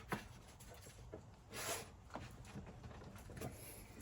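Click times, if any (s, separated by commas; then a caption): none. An ignition coil for cylinder 1 on a 2006-2010 BMW M6 E63/E64 is pushed by hand onto the spark plug in the cylinder head during a cylinder 1 misfire repair (codes 2B35, 2B42, 2772, 2789). Rubbing and scraping are heard, with sharp knocks at 0.1 s and 2.2 s and a brief hissy burst around 1.5–1.8 s. The coil has not clicked in yet and still needs firmer pressure.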